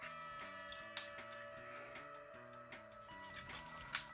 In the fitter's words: yep, there we go. Nice click.